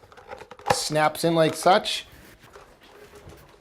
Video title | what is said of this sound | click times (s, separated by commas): How to conceal wires with crown molding | when you come over here to the corner they give you a premade corner just like this and that just snaps | 0.5 s